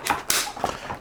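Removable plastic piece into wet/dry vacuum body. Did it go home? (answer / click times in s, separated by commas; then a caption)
yes / 0.3 s. A removable plastic piece is slid into its slot on the body of a Roborock F25 wet/dry vacuum, with a soft knock near 0.1 s. A sharp click at 0.3 s marks it popping into place, followed by a fainter knock around 0.6 s. The piece is seated.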